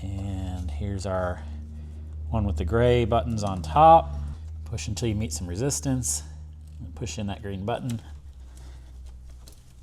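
On a 2020–2021 Buick Encore GX purge pump replacement, addressing code P1467, a gray-button plastic EVAP hose quick-connector is pushed onto the purge pump port until it meets resistance, and then its green lock button is pressed in. Someone talks throughout, and near the end there is a faint click at about 8.6 s and a sharper click at 9.5 s. The connector snaps on and is confirmed seated.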